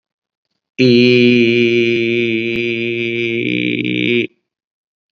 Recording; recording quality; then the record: sustained vowel as in beet; excellent, no background noise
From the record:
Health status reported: COVID-19 positive, moderate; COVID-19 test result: positive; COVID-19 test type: rapid antigen test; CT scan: not taken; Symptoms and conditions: cough, sore throat, fever, hypertension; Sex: male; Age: 55 years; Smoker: no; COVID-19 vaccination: both doses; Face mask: worn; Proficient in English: yes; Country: India